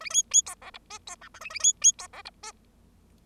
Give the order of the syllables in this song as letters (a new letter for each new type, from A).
A B B C D E F C G H A A B B C D E F